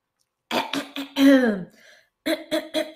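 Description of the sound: An adult demonstrates throat clearing: three short, gruff voiced bursts, a longer grunt falling in pitch, then after a pause three more quick clears. Throat clearing, like excessive coughing, harms the voice; forceful, repeated clearing knocks the vocal folds together and can injure them, and it often becomes a habit even when there is no secretion.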